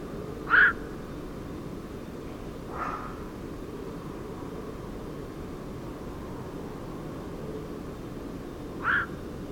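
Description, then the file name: Black-crowned night heron calls: short, harsh single croaks, one near the start, a fainter one after about two seconds and another near the end, over steady low background noise. "bakcso hangja"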